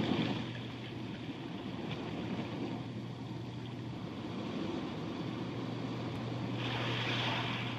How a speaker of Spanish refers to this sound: Y aquí con esta sensación de marecito de fondo, si usted está oyendo olas, es que estamos, está la cabina de transmisión, ahora la montamos en un velero y estamos navegando por el mar Atlántico.